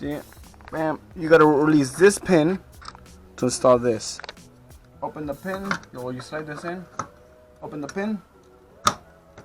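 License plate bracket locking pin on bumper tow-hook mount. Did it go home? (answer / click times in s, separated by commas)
yes / 8.9 s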